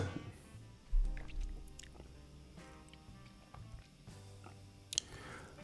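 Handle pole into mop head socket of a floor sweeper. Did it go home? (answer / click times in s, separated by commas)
yes / 4.9 s, 5.0 s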